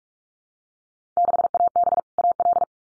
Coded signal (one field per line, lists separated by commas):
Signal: Morse code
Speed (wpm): 46 wpm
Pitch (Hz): 700 Hz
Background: none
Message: 6AB AL